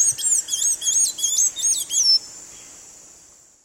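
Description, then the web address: Blue-gray tanager producing a short burst of several squeaky, wavering high notes, ending on one drawn-out thin note that fades away. Eastern lowlands of South America; part of a nature sounds collection. "ENTER Science Biology Natures Songs S America Eastern Lowlands Blue-gray Tanager"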